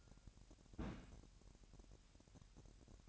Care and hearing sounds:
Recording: daily activity, microphone in the room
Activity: place on stove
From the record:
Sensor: 2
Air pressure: 1011.9 hPa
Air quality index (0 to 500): 189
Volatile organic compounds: 3 ppm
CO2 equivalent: 1345 ppm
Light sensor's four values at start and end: 72/170/69/66 and 72/170/69/66

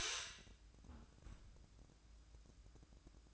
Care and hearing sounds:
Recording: daily activity, microphone in the room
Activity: close fridge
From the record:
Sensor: 2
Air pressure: 1007.6 hPa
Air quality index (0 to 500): 56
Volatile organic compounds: 1 ppm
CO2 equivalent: 583 ppm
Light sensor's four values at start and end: 9/22/9/9 and 9/22/9/9

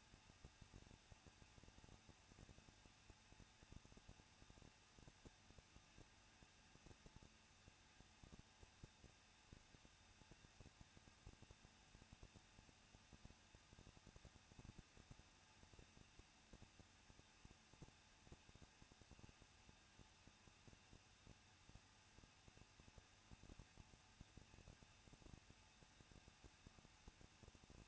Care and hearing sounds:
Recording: daily activity, microphone in the room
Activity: no activity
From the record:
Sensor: 2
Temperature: 21.0 degrees Celsius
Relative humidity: 37.3%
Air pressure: 1006.2 hPa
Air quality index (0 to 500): 221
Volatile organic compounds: 23 ppm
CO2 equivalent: 2797 ppm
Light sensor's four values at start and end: 2/3/2/2 and 2/3/2/2

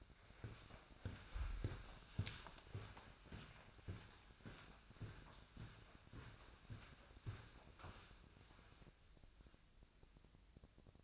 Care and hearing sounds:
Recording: daily activity, microphone in the room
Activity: walk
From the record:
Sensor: 2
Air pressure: 1009.2 hPa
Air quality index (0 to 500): 182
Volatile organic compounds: 3 ppm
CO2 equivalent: 1324 ppm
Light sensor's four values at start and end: 49/125/54/59 and 47/122/53/58

